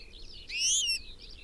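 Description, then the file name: European goldfinch, one bright, rising harmonic call lasting about half a second, with soft chirping before and after. "Carduelis carduelis"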